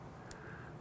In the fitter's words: snaps in place there's